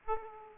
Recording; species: mosquito wingbeat signal from an infrared sensor; Aedes aegypti